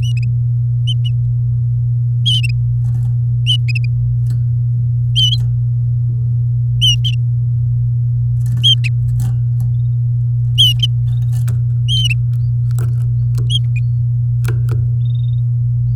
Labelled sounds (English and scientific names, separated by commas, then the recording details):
Domestic Canary (Serinus canaria) song
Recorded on 6 May 2018 at 08:44
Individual llb16